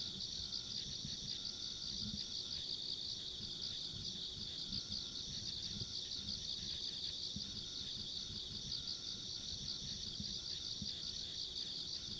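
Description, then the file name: Insects trill continuously in a high, dense, pulsing chorus over a low rumble. Ambient insect sounds recorded along a country road. "田舎道の虫の環境音"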